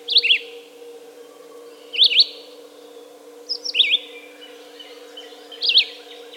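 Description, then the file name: Red-eyed vireo singing short slurred phrases that rise and fall, four phrases roughly every 1.8 seconds, with a constant low background hum. "red-eyed vireo song by jonathon jongsma"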